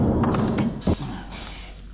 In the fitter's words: now you just heard the audible click of this going on